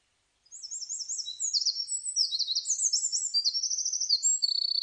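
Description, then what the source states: Eurasian wren singing an energetic stream of high, fast trills and twittering notes, rising in loudness after the start and continuing to the end. Recorded 23 July 2006.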